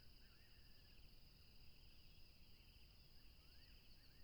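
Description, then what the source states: Crickets keep up an unbroken shrill trilling, with a few quick upward chirps. Chorus of crickets recorded along a tropical river.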